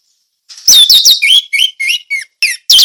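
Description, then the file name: Orange-headed thrush song: a lively phrase of slurred, descending whistles and warbled notes, mostly loud and clear. Song of the anis merah in the ngeplong teler style. "suara anis merah ngeplong teler"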